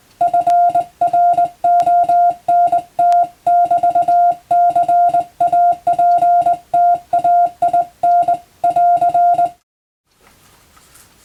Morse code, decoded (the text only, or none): FRONT <BT> CAPTAIN <AR>